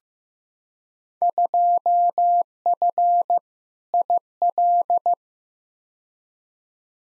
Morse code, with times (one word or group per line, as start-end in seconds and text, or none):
1.2-3.4 2F
3.9-5.1 IL